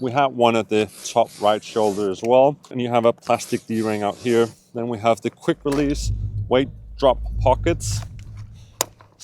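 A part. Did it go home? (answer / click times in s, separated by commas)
yes / 8.8 s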